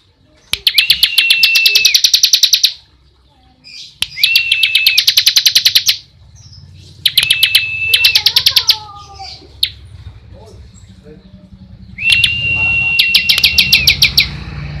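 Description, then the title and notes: Bar-winged prinia giving four rapid buzzy trills, each with a steady thin whistle running through it, and some soft lower chirps between. Continuous rapid 'ngebren' song style, used as a tutor recording for training white-rumped shamas. "Suara burung ciblek - Suara Nada"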